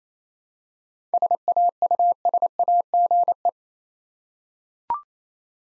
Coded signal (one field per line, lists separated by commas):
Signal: Morse code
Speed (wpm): 28 wpm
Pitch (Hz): 700 Hz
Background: none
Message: SAUSAGE